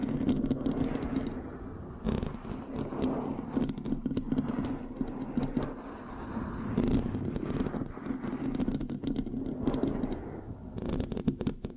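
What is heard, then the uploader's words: Mic scratching with no talking: dense, rough rustling and scraping runs the whole time over a low steady hum. Sharp, bright crackling bursts stand out near 2, 5, 7 and 11 seconds, with softer scratchy stretches in between. Mic Scratching, Sticky, Brain Massage Triggers (No Talking).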